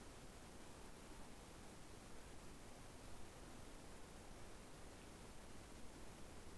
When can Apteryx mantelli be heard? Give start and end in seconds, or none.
none